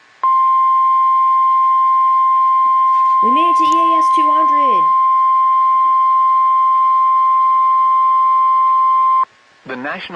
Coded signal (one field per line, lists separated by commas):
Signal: Emergency Alert System (SAME) tones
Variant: 1050 Hz attention tone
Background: speech